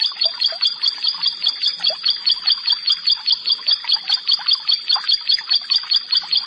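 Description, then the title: Prinia: steady, metallic high notes repeated about two to three times a second without pause, with soft chirps behind. "Ciblek Sawah"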